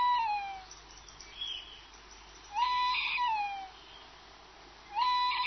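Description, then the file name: Tawny owl calls: a clear, tonal note that rises briefly, holds, then slides downward, repeated a few times. "strix aluco"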